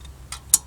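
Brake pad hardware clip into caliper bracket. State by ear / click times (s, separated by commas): seated / 0.5 s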